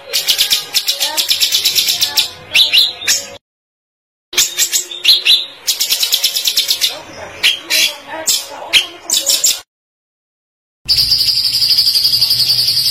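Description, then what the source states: White-eye song in energetic bursts of high, rattling twitters and chips, separated by sudden silent gaps, ending in a steady high trill. White-eye singing gacor (continuously) with full tembakan (rapid-fire bursts).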